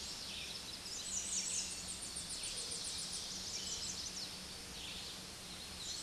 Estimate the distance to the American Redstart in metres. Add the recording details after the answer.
about 45 m. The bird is about 15 m above the microphone. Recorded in a Pennsylvania forest on 16 May 2024 at 06:22. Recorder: AudioMoth, point MSD-2305. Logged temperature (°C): 16.9 °C. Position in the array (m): 32 m, 227 m